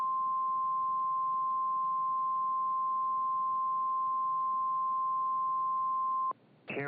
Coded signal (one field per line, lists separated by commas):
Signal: Emergency Alert System (SAME) tones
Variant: 1050 Hz attention tone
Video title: The Vortex (EAS Scenario)